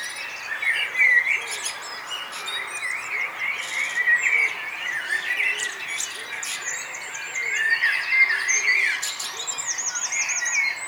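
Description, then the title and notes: Birds singing in a dense chorus: many overlapping songbirds with bright whistles, trills and buzzy rattles, steady and busy throughout with short louder bursts. Morning mood at Nonnenhorn, 10 May 2009, 04:24; birdsong and twittering. "nonnenhorn, morgenstimmung, vögel. vogelgesang, vorgelgezwitscher"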